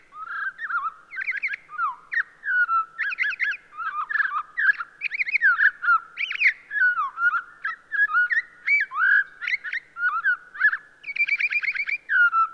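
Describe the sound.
Townsend's solitaire song: an unbroken rambling stream of clear, rapidly varied whistled phrases, bright and jumbled, going on steadily throughout.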